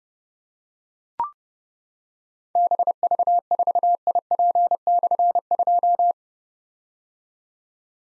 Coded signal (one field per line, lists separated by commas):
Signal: Morse code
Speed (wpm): 30 wpm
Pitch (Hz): 700 Hz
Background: none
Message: BV4IP/2